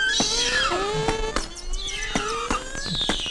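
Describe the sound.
Whale whistles and squeals: several overlapping tonal calls sliding up and down, some falling steeply, mixed with sharp clicks scattered throughout.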